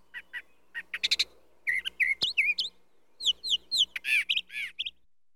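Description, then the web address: Brown thrasher singing short bursts of varied notes, including clear slurred whistles and sharp chirps, some phrases repeated two or three times in a row. "bird brown trasher song animal"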